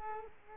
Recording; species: mosquito wingbeat signal from an infrared sensor; Culex quinquefasciatus